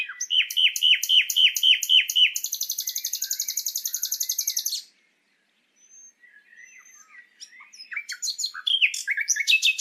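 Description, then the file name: Common nightingale singing: a row of quick repeated falling notes, then a fast high rattling trill, a short pause, and more varied chirping phrases. "Luscinia megarhynchos"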